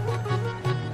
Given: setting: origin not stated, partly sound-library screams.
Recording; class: one-second piece from a danger detection set; normal situation